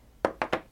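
A plastic snap fastener is pressed onto a flannel baby bib by squeezing snap pliers. Two sharp snap hits at 0.3 s and 0.4 s are followed by a third similar burst around 0.5 s, each fading quickly against a quiet background. The snap seats and is applied.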